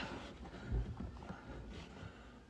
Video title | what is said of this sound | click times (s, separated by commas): Fitting Defender3D’s Rear Loadspace Light to the Defender 110 #l663 #defender110 #newdefender | maybe mine's not clicking but | none